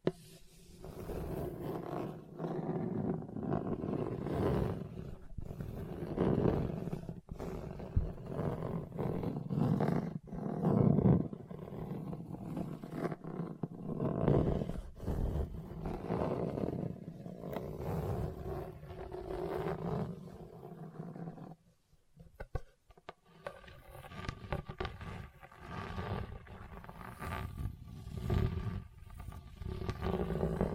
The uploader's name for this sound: Hard and Bumpy Surface Scratching